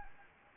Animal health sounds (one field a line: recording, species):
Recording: mosquito wingbeat signal from an infrared sensor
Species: Anopheles gambiae